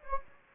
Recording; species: mosquito wingbeat signal from an infrared sensor; Anopheles gambiae